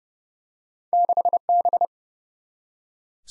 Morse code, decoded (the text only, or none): 6B